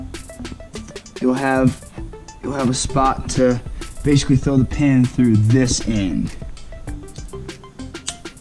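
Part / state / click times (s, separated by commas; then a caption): pin in a bicycle chain link / released / 8.1 s. A chain tool pushes the connecting pin out of a link in a steel Shimano 10-speed bicycle chain to shorten it by 3 links, while someone talks over scattered small clicks and ticks. The pin snaps out of the link with a sharp snap at 8.1 s, releasing it.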